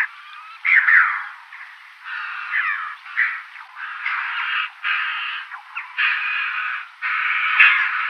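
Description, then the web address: Chough calls, harsh chattering phrases in uneven bursts separated by brief lulls, with loud sharp notes standing out from the steady stream. "Schulze Peter Chough calls"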